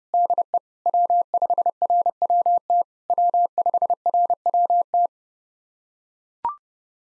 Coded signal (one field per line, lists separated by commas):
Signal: Morse code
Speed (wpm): 30 wpm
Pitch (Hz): 700 Hz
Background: none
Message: DE W5RWT W5RWT